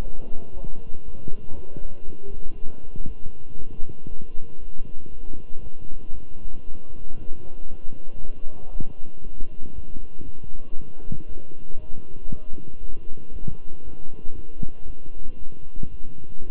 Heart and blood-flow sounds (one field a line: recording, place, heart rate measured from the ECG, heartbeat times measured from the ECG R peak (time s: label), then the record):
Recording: heart sounds by stethoscope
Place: between the tricuspid and mitral areas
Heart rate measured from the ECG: 117 bpm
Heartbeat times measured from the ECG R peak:
0.02 s: heartbeat
0.53 s: heartbeat
1.04 s: heartbeat
1.54 s: heartbeat
2.04 s: heartbeat
2.54 s: heartbeat
3.06 s: heartbeat
3.57 s: heartbeat
4.08 s: heartbeat
4.59 s: heartbeat
5.10 s: heartbeat
5.63 s: heartbeat
6.14 s: heartbeat
6.66 s: heartbeat
7.18 s: heartbeat
7.70 s: heartbeat
8.20 s: heartbeat
8.71 s: heartbeat
9.23 s: heartbeat
9.74 s: heartbeat
10.24 s: heartbeat
10.75 s: heartbeat
11.27 s: heartbeat
11.78 s: heartbeat
12.29 s: heartbeat
12.80 s: heartbeat
13.32 s: heartbeat
13.83 s: heartbeat
14.34 s: heartbeat
14.86 s: heartbeat
15.37 s: heartbeat
15.90 s: heartbeat
16.41 s: heartbeat
From the record:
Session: walking at 3.7 km/h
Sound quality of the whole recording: good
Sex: male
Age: 23 years